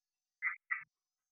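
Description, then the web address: Red-eyed tree frog giving a short double chack, two dry, clipped notes in quick succession, then silence. "phyllomedusidae Agalychnis-callidryas"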